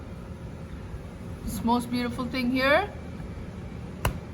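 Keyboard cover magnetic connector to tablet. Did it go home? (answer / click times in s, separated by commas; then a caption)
yes / 4.0 s. A keyboard cover's magnetic connector snaps onto a tablet's magnetic contact. Someone talks from about 1.5 to 2.9 s, then a single sharp snap at 4.0 s confirms the keyboard part of the cover has seated on the connector.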